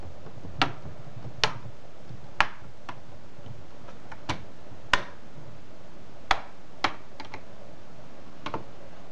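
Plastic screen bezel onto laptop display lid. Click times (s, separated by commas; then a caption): 0.6 s, 1.4 s, 2.4 s, 4.9 s, 6.3 s, 6.9 s. A plastic screen bezel on an HP G62 laptop is pressed around the edge of the display lid, and its plastic clips snap in with sharp clicks at 0.6, 1.4, 2.4, 4.9, 6.3 and 6.9 seconds, with fainter ticks in between over a quiet background hiss. The bezel ends up snapped fully into place.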